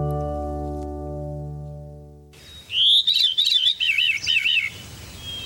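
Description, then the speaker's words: Veery song, a liquid phrase in wavering loops, heard after a stretch of humming, lasting about two seconds. Spiraling liquid song of a bird of deciduous forests, moist woodlands and swamps; sung on breeding grounds in late spring, first at morning light and last at day's end. "But its spiraling liquid song is one of the most haunting of all North American bird calls."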